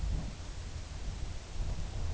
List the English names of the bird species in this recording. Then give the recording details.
none. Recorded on Arctic tundra, site UTQI-2, on 14 June 2019. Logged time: 18:00